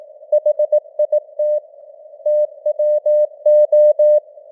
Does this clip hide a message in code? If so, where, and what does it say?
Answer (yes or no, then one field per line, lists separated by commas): yes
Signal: Morse code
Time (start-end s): 0.3-4.2 s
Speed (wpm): 18 wpm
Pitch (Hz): 600 Hz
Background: none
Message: HIT TWO